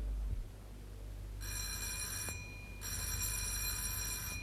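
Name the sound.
doorbell ringing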